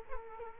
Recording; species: mosquito wingbeat signal from an infrared sensor; Culex quinquefasciatus